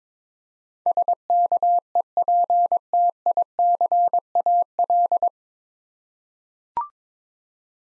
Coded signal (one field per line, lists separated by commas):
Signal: Morse code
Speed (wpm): 21 wpm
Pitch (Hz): 700 Hz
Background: none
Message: SKEPTICAL